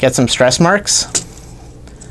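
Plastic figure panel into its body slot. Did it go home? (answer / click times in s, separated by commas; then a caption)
yes / 1.9 s, 2.0 s. Someone talks while transforming a plastic Transformers Earthrise Sleep Mode Optimus Prime (Alternate Universe Optimus Prime) action figure, pushing a tight panel section up into its slot in the body. After the talking stops, two short, sharp hits are heard at 1.9 s and 2.0 s as the part seats in place without trouble, unlike another copy that was too tight to click or lock there and got stress marks.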